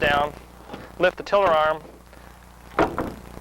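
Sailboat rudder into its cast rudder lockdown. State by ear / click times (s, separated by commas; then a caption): seated / 2.8 s. Someone talks while the tiller arm of a Hobie 16 sailboat is lifted so the rudder contacts the lower part of its cast, then dropped to lock the rudder down. A solid clunk at 2.8 s marks the rudder seating and locking down in the cast.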